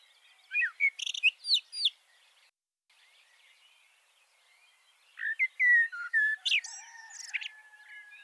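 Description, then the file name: Common blackbird song: two phrases of fluty notes and high, squeaky twittering, separated by a few seconds of quiet. "Turdus merula"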